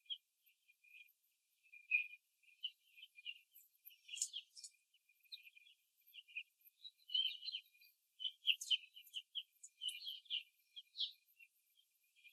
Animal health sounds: young laying hens in a cage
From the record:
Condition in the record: after the stressor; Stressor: simulated dog barking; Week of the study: 3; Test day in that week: 1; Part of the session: 4

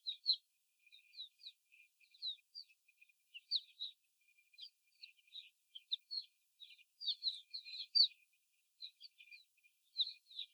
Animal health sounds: young laying hens in a cage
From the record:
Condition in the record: after the stressor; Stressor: simulated dog barking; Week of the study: 4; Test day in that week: 2

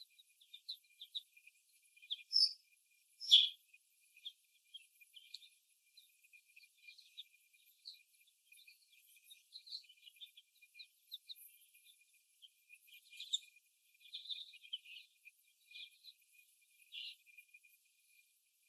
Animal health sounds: young laying hens in a cage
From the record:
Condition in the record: before the stressor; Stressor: simulated dog barking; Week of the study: 1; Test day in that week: 1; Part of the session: 3

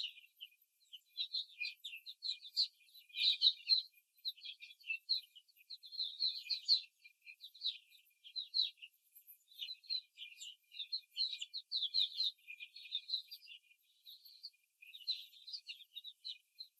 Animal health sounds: young laying hens in a cage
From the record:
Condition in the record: before the stressor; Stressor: simulated dog barking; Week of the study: 3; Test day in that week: 2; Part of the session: 1

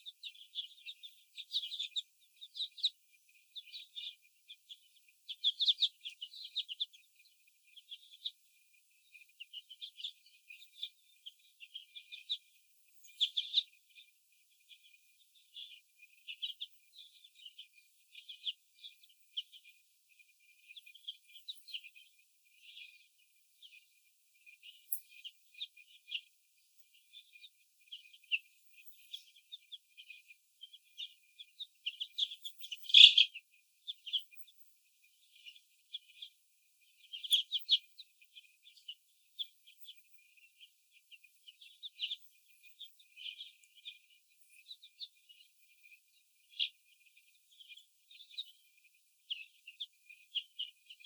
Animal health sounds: young laying hens in a cage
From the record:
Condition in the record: after the stressor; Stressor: sudden umbrella opening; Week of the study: 2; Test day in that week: 1

